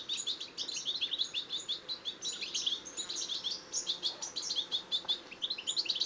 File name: Carduelis carduelis